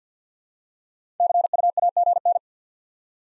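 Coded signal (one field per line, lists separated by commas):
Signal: Morse code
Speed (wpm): 50 wpm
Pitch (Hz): 700 Hz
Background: none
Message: CUAGN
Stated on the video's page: Morse practice drill of common QSO elements at 50 wpm; each element sent in Morse, spoken, then sent again.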